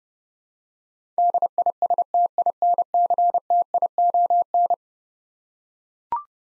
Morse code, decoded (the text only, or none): DISTINCTION